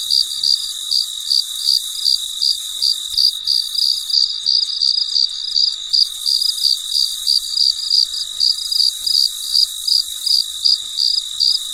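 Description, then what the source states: Cricket chirps, high and piercing, repeated nearly three times a second in a steady train, with a constant high background hiss. Recorded late at night; the night is described as very quiet.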